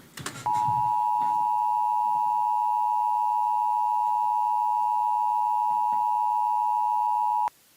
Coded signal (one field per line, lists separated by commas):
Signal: Emergency Alert System (SAME) tones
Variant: 853 and 960 Hz attention tone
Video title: EAS Creator Tierlisting (December Edition)